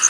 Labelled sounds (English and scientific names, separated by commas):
Yellow Warbler (Setophaga petechia) flight call